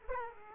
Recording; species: mosquito wingbeat signal from an infrared sensor; Aedes aegypti